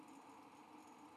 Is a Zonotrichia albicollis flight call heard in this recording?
no